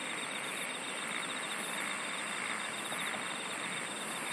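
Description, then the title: Insects singing, with quick ticking pulses at the start, then high buzzy bursts about every second against a constant shrill background hum. "SINGING OF INSECTS"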